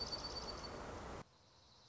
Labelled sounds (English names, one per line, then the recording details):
Dark-eyed Junco
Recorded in Sonoma County, California